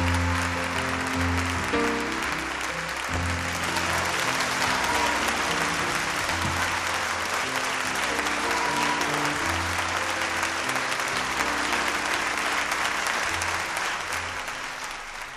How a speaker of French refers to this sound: Voilà les applaudissements